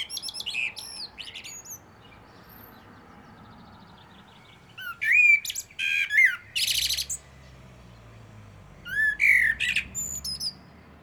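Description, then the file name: Common blackbird singing three separate phrases, each a mellow whistled warble followed by a high, squeaky twittering flourish, with quiet pauses between them. "Turdus merula"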